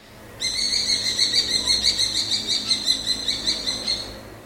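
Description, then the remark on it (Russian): A falcon in a city gives a rapid ki-ki-ki call, a fast, steady series of sharp, high-pitched notes repeated about a dozen times over roughly three and a half seconds, with no talking. “И, естественно, когда я хожу по городу, я всегда немножко смотрю за птицами, слушаю, и я вдруг увидел сокола, который кричал вот так, как соколы часто кричат, вот так, ки-ки-ки-ки-ки-ки-ки-ки.”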